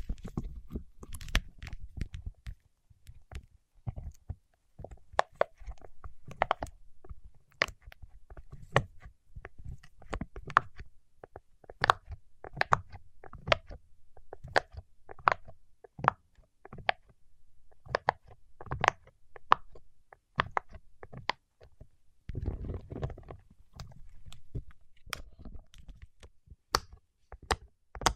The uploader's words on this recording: ASMR with Wax Fingertips for Sleep (No Talking).